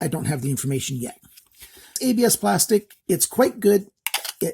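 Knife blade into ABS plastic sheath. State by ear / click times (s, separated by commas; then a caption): not seated / none. A Ruike F118-G "Jager" survival knife is handled with its blade near its ABS plastic sheath while someone talks, with brief sharp handling noises near the end around 4.1 s. The knife has not yet snapped into the sheath, so nothing has seated or clicked yet.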